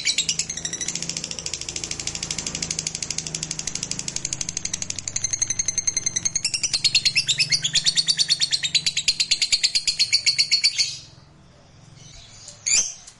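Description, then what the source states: Lovebird long trill: a rapid, high, buzzy chatter of repeated notes that runs unbroken for about eleven seconds, then stops, followed by a short sharp note. Fighter lovebird giving ngekek panjang, a long trill song style.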